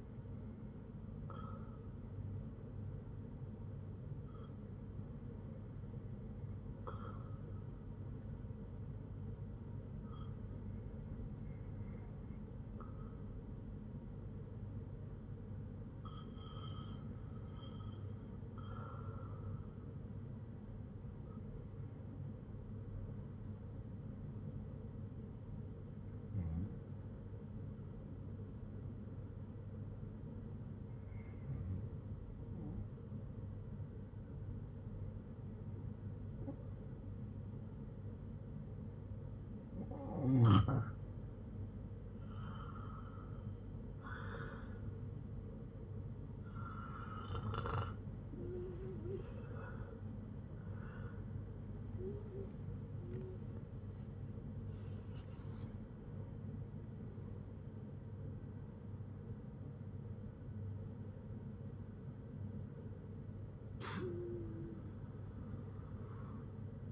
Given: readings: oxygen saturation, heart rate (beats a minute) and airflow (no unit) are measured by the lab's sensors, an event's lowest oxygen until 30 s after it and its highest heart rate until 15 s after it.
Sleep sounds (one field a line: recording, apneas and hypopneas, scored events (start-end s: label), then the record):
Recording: breathing in sleep by a smartphone at the bedside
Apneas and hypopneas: 1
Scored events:
8.00-42.10 s: hypopnea (REM, oxygen 97% highest, then 94% lowest, heart rate 64 at the start, 81 highest)
58.00-66.92 s: new sleep stage, N1 (lightest sleep)
From the record:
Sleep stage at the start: REM sleep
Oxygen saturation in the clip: 94 to 97%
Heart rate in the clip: 51 to 83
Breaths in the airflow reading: 14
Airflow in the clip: -10.0 to 14.1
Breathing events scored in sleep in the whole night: 182 in 7.4 hours asleep